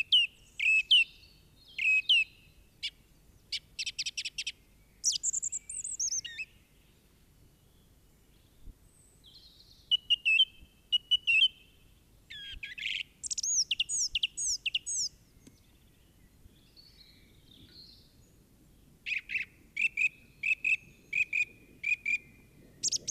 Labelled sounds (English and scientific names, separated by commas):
Song Thrush (Turdus philomelos) song